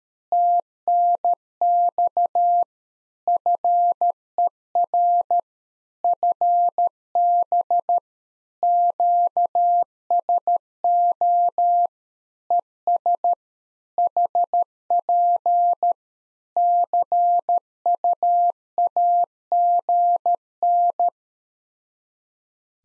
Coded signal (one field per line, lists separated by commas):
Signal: Morse code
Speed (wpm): 13 wpm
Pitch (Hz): 700 Hz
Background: none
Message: TNX FER FB QSO ES HP CUAGN